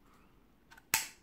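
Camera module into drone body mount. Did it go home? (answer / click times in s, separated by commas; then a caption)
yes / 0.9 s. The camera module of a JJRC JJPRO X3 GPS drone slides into its mount on the drone body, with a faint tick just before a loud, sharp click at 0.9 s that rings briefly and fades. The camera module snaps home and is seated.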